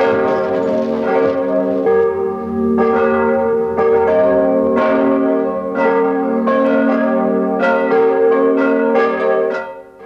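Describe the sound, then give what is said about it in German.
Several church bells ring together in a continuous, overlapping peal, with repeated strong strikes roughly every second layered over a sustained, resonant hum of tones, loud and steady throughout. “Was ist denn das für ein Geläut mitten in der Woche?”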